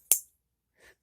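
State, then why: Seated. The blade of a small metal FURA Mini folding knife, a copy of the Curtiss Knives ODT Flipper, is flipped open on ball bearings, and the frame lock engages behind it with a sharp, bright click at 0.1 s. A faint, soft rustle follows around 0.8–0.9 s. The blade seats firmly, and the frame lock works very well.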